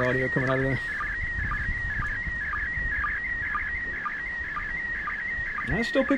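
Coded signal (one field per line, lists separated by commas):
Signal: SSTV (slow-scan television)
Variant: PD 120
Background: speech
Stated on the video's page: SSTV received from an ISS pass with an Icom IC-9700 and a Diamond D-130J discone antenna.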